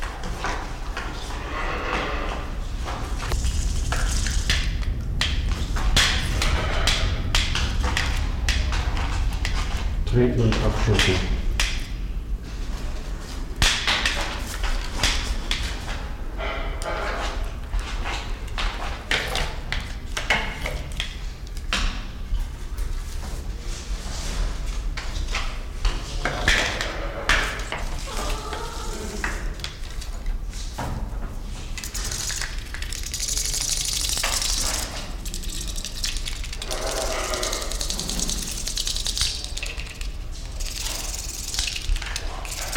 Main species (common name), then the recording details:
White-crowned Hornbill. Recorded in captivity. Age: adult. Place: Zoo Berlin, Berlin, DE. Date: 1993-01-01. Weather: sonnig, -6°C. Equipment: Marantz CP 430, Sennheiser ME 80, Kopie Uher Variocord 263. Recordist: Tembrock, Günter. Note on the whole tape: Rufreihe